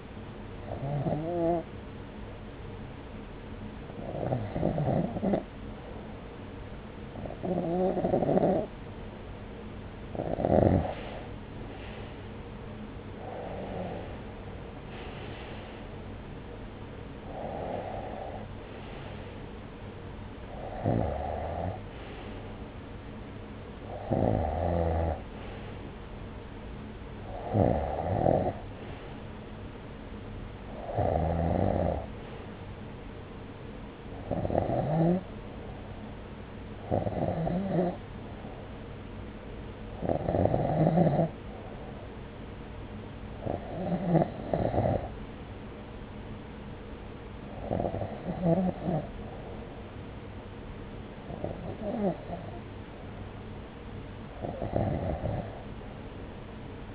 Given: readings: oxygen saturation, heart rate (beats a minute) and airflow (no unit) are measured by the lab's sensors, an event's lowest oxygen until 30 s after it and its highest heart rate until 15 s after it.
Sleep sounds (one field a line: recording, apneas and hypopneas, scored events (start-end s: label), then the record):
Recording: breathing in sleep by a voice recorder at the bedside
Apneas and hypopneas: none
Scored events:
5.00-56.95 s: new sleep stage, N1 (lightest sleep)
From the record:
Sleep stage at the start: REM sleep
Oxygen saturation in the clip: 92 to 96%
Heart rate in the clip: 66 to 72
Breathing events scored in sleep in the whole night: 303 in 8.1 hours asleep